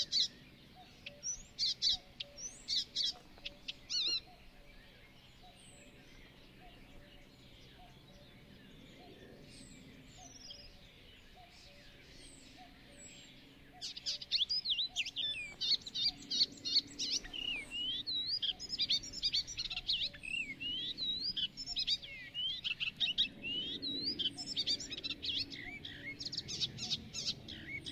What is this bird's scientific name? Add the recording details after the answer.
Hippolais icterina. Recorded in the wild. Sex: male. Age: adult. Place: Hobrechtsfelder Rieselfelder, Naturpark Barnim, Berlin, DE. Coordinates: 52.6658, 13.4697. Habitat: open landscape. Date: 2012-05-28 08:45. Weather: 20°C, sunny, almost windless. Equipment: Sound Devices 702, Sennheiser MKH 70, Rycote Windschutz. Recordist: Frommolt, Karl-Heinz. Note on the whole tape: Gesang eine Gelbspötters. Tier singt in einem Eschenahornbaum. Am Schluss Fluglärm